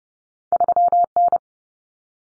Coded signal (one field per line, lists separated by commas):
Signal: Morse code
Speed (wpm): 30 wpm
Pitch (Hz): 700 Hz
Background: none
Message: 3N